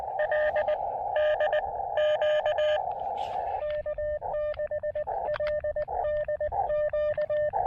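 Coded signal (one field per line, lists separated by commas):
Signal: Morse code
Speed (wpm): 20 wpm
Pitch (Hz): 600 Hz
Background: radio noise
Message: L D Q K6LDQ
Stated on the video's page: Summits On The Air QRP activation with an Elecraft KX2 and a Chameleon CHA MPAS Lite antenna on Bearwallow Mountain.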